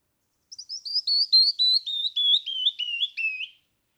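Canyon wren song: around a dozen rapid, hooked whistled notes tumbling gradually lower in pitch over three seconds, clear and ringing.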